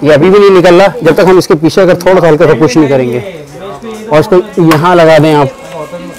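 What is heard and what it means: A man talks while handling a small plastic holder that holds a glass pane, pushing it lightly from behind and pressing it toward its mount. Nothing has clicked or locked into place yet.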